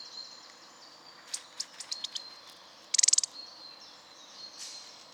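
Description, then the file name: Eurasian nuthatch calls: a loose series of short, very high ticking notes, then a quick burst of rapid chattering notes, over a faint steady background hiss. "Sitta europaea"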